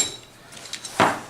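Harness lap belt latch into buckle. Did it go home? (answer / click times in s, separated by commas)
yes / 1.0 s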